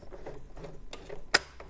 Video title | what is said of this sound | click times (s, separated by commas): Sewing Street 11/06/2022 Sew Over It Emmeline Skirt and Ella Blouse with Rebecca Harrison | there it's clicked right you can't move it what that is doing | 1.4 s